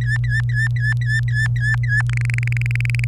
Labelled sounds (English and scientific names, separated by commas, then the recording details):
Domestic Canary (Serinus canaria) song
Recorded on 27 April 2018 at 06:44
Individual llb3